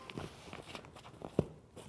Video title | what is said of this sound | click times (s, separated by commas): Plecak Travel Line Peak Design Travel Backpack 45L - Konfiguracja i użytkowanie (wersja PL) | get a nice satisfying click then | 1.4 s